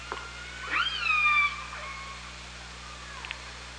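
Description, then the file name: Killer whale call: one loud upsweeping harmonic call that holds a long level tone and then fades, with a faint low hum throughout. Recorded on the OrcaLab hydrophone, 24 August 2017, around 17:37. "Orca Lab 20170824"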